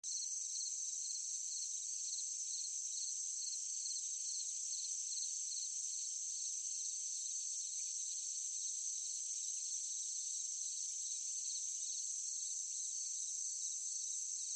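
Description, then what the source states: Crickets chirping in a steady chorus, short pulsed chirps repeating regularly over a continuous high insect trill. Forest at night, summer night.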